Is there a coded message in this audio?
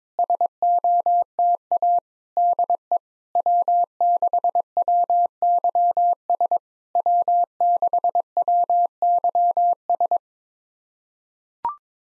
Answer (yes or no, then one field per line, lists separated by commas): yes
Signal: Morse code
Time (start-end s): 0.2-10.2 s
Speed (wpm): 22 wpm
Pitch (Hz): 700 Hz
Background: none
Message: SOTA DE W6WYS W6WYS